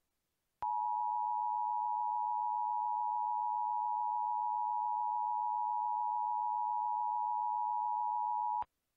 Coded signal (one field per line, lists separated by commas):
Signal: Emergency Alert System (SAME) tones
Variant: 853 and 960 Hz attention tone